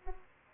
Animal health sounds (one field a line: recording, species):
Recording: mosquito wingbeat signal from an infrared sensor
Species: Culex pipiens